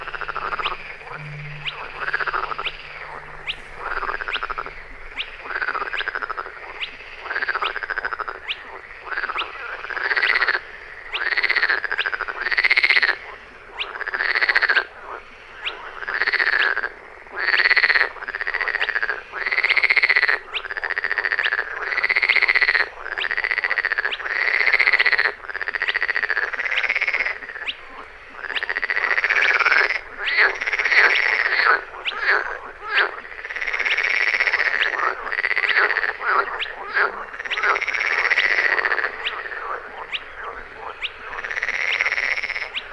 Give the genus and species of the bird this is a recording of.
Porzana porzana